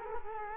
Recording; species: mosquito wingbeat signal from an infrared sensor; Culex quinquefasciatus